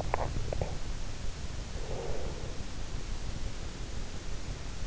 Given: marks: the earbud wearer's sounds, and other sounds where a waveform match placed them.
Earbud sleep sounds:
sounds in sleep by an in-ear microphone; swallowing, breath
0.02-1.18 s: swallowing
1.68-3.82 s: breath

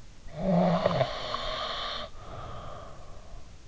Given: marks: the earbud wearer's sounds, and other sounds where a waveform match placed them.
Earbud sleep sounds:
sounds in sleep by an in-ear microphone; snoring breath
0.38-3.55 s: snoring breath

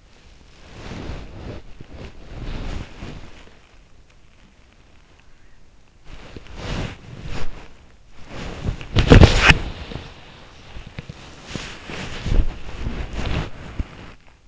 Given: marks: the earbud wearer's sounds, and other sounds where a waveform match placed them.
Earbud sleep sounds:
sounds in sleep by an in-ear microphone; body movement
0.00-14.48 s: body movement

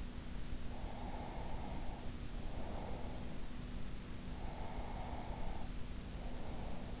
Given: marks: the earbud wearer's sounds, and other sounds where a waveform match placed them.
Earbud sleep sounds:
sounds in sleep by an in-ear microphone; breath
0.90-2.90 s: breath
3.90-6.90 s: breath

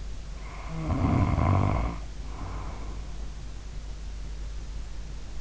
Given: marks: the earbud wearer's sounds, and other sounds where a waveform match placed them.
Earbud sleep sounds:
sounds in sleep by an in-ear microphone; snoring breath
0.44-3.41 s: snoring breath

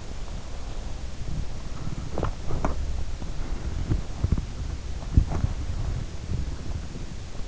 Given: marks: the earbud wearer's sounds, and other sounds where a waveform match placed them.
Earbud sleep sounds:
sounds in sleep by an in-ear microphone; body movement
1.99-2.96 s: body movement
5.01-5.78 s: body movement

